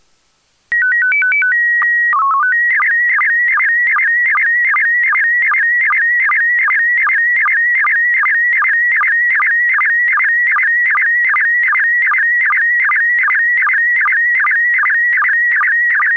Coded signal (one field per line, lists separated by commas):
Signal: SSTV (slow-scan television)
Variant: PD 50